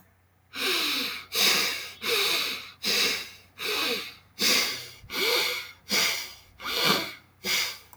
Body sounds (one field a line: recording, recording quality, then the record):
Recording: shallow breathing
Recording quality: excellent, no background noise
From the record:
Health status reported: healthy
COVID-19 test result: negative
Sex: male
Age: 27 years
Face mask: not worn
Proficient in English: yes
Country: India